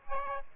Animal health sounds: mosquito wingbeat signal from an infrared sensor; Aedes aegypti

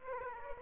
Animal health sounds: mosquito wingbeat signal from an infrared sensor; Aedes aegypti

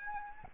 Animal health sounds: mosquito wingbeat signal from an infrared sensor; Aedes albopictus

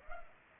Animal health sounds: mosquito wingbeat signal from an infrared sensor; Culex pipiens

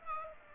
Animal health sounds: mosquito wingbeat signal from an infrared sensor; Aedes aegypti

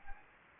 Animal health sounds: mosquito wingbeat signal from an infrared sensor; Anopheles gambiae

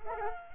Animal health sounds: mosquito wingbeat signal from an infrared sensor; Culex quinquefasciatus

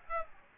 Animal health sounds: mosquito wingbeat signal from an infrared sensor; Aedes aegypti

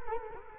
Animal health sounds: mosquito wingbeat signal from an infrared sensor; Culex quinquefasciatus

